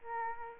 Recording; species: mosquito wingbeat signal from an infrared sensor; Aedes albopictus